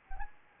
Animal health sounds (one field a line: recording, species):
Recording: mosquito wingbeat signal from an infrared sensor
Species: Anopheles gambiae